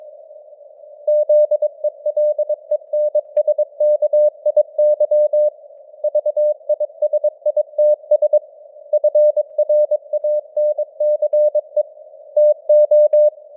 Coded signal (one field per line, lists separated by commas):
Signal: Morse code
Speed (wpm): 22 wpm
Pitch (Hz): 600 Hz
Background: none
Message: ZELENSKIY VISITS FRANCE TO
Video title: Morse Code News | 2025-11-17 | 22wpm